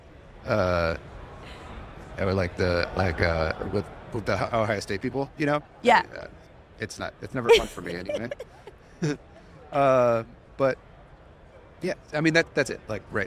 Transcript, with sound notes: I would like -- the -- like, with- with the Ohio state people, you know?
Yeah!
It's not -- it's never fun for me anyway [laughs] [Chuckles] But... yeah, I mean that- that's it. Like, right.